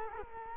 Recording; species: mosquito wingbeat signal from an infrared sensor; Culex quinquefasciatus